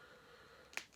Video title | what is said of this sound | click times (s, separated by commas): IMAGE Comics Wildcats by Playmates Unboxing & Review! Part 1! Spartan, Maul, Zealot! | Pops right in. | 0.8 s